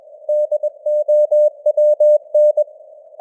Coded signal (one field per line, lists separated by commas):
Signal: Morse code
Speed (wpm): 21 wpm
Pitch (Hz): 600 Hz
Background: none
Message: DOWN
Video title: Morse Code News | 2025-11-30 | 21wpm